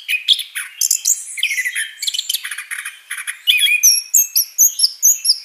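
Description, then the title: Orange-headed thrush song, scratchy tangled phrases at first, then clear high whistled notes repeated in quick, rhythmic groups. Singing described as gacor, meaning vigorous, continuous song. "Anis Kembang Gacor"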